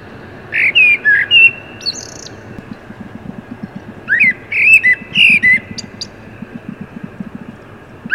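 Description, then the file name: Common blackbird song: mellow warbled whistles, each phrase closing with thin high notes, two phrases a few seconds apart over faint low rumble. "Turdus merula"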